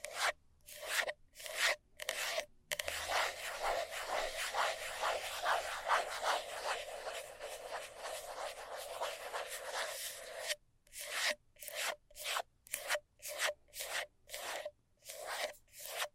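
Fast scratching, a rough rasping rub in quick strokes. It starts with separate bursts, runs into one continuous scrape from about three to ten seconds, then breaks back into rapid, evenly spaced strokes with short silences between them. The sound is bright and gritty throughout.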